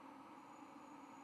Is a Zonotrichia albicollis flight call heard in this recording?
no